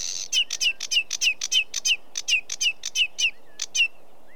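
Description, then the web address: Sedge warbler song: a rapid series of dry ticking notes, each paired with a short downslurred chirp, repeated about three times a second. British birds. "The BBC Sound Effects Library (British Birds) Sedge Warbler"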